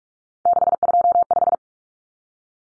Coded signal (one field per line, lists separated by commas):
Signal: Morse code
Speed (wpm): 44 wpm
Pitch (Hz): 700 Hz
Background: none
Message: 625